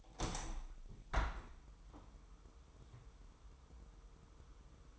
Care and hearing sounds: daily activity, microphone in the room; open window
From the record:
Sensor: 1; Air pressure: 1000.2 hPa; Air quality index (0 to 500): 241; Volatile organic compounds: 121 ppm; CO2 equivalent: 3878 ppm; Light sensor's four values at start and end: 10/25/10/11 and 11/27/11/12

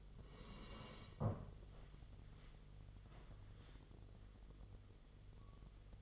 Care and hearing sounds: daily activity, microphone in the room; sit down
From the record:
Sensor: 4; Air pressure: 1006.2 hPa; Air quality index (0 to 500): 99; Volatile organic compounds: 2 ppm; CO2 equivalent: 1234 ppm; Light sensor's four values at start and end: 12/28/11/10 and 12/28/11/10

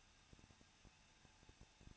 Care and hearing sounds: daily activity, microphone in the room; no activity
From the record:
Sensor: 2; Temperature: 21.0 degrees Celsius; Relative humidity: 37.5%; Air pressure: 1006.2 hPa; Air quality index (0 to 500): 223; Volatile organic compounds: 25 ppm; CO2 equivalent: 2839 ppm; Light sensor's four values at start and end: 2/3/2/2 and 2/3/2/2

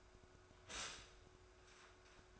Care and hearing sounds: daily activity, microphone in the room; stop toaster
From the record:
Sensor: 2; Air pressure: 1014.5 hPa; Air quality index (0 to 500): 198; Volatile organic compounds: 21 ppm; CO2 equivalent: 2719 ppm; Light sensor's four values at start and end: 3/9/3/3 and 3/9/3/3

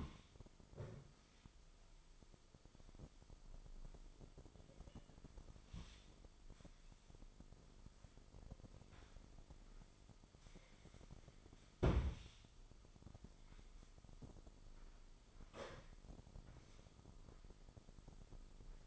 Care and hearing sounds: daily activity, microphone in the room; sweep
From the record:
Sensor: 5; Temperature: 24.6 degrees Celsius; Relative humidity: 32.2%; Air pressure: 996.1 hPa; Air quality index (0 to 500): 100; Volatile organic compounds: 6 ppm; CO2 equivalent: 1921 ppm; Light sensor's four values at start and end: 45/109/45/48 and 45/109/45/48

